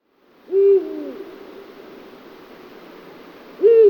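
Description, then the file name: Eurasian eagle-owl hooting twice, deep and brief, about three seconds apart against a constant background hiss. "hubro"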